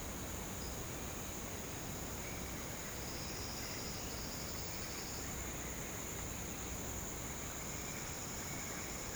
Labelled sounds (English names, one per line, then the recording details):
none
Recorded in pastures near Puerto Asís, Putumayo, Colombia, on 19 March 2025 at 07:30
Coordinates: 0.472, -76.329
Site G074